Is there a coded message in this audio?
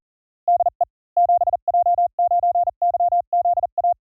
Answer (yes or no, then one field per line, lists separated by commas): yes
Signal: Morse code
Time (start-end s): 0.5-3.9 s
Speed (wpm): 39 wpm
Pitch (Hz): 700 Hz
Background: none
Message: DE 7J9YZA